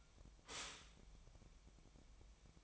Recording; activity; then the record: daily activity, microphone in the room; stop toaster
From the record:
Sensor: 1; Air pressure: 1001.9 hPa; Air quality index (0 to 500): 239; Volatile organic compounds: 43 ppm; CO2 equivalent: 3198 ppm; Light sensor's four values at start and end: 10/36/13/15 and 10/36/13/15